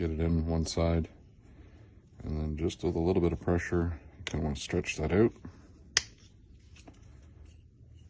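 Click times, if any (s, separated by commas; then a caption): 6.0 s. A plastic replacement latch is fitted onto a modular tool storage box, hooked in on one side and then stretched over with light pressure while someone talks. At 6.0 s it pops onto its pivot with a single sharp snap, and the latch is seated.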